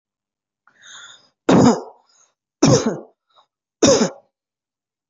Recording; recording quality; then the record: heavy voluntary cough; excellent, no background noise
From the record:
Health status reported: healthy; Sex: male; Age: 33 years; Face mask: not worn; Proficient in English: yes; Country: India